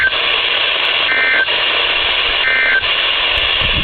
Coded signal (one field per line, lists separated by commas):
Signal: Emergency Alert System (SAME) tones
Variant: end-of-message bursts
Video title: RELATIVELY SHORT MONTH... EAS Tests from July 2024 (EAS #4,698 - 4,710)